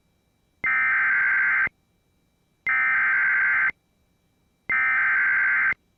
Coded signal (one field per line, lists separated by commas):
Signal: Emergency Alert System (SAME) tones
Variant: header bursts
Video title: HELLO 2022! | EAS Alerts from 1/9/2022 (EAS #912-922)